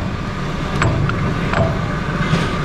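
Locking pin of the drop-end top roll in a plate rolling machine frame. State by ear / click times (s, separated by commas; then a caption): not seated / none. The steel locking pin of the drop-end top roll in a pinch plate rolling machine frame is handled as the top roll is being locked in place, over a steady low mechanical hum. A few brief metallic ticks come at about 0.8, 1.1 and 1.6 seconds. The pin has not yet dropped into its hole, and nothing has seated or clicked yet.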